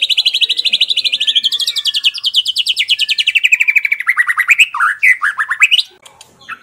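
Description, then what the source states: White-rumped shama song, a long rapid trill of repeated notes gradually falling in pitch, closing with a few swooping whistles before fading. Masteran (training recording) for caged birds, titled Murai Batu Labaik.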